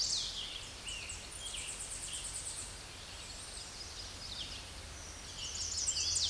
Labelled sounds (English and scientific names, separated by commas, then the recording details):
Tennessee Warbler (Leiothlypis peregrina) song
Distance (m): 30 m
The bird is about 10 m above the microphone
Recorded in a Pennsylvania forest on 16 May 2024 at 07:35
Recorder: AudioMoth, point MSD-1849
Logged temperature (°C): 12.1 °C
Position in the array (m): 63 m, 50 m